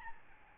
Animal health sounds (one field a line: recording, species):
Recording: mosquito wingbeat signal from an infrared sensor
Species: Aedes albopictus